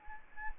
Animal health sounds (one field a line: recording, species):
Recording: mosquito wingbeat signal from an infrared sensor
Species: Anopheles arabiensis